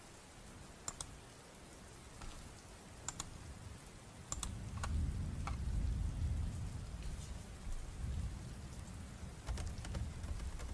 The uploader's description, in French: sons ASMR et de pluie